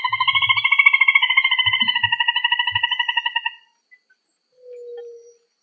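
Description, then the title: Rail calling in a fast series of pulsed, harmonic notes that fade, followed by a brief faint tone. "Familia Rallidae"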